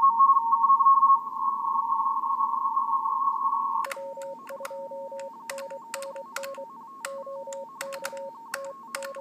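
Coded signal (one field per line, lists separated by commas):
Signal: RTTY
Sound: fast warbling two-tone chatter near 1 kHz, then a lower-pitched stepped tone with clicks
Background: radio static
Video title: Elecraft KX3 - RTTY 20M QSO - TG9AHM W2NNN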